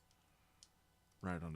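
After a model is flipped over, a plastic building-block piece is pressed onto it and snaps on with one sharp click at 0.6 s, seating the piece. Someone then talks from about 1.2 s.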